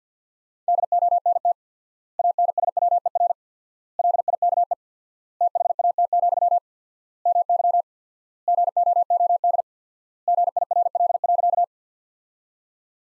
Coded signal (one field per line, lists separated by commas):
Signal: Morse code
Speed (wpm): 50 wpm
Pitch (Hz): 700 Hz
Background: none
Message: DONT ANSWER LIKE THAT, MY GOOD GIRL.